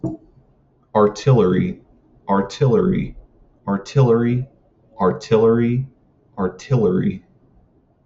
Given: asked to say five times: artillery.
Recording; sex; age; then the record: repeated word; male; 20 to 29 years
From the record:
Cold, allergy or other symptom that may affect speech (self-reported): no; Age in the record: 27 years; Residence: Nevada, United States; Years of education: 14